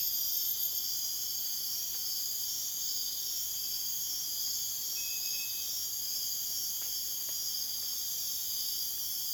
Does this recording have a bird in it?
no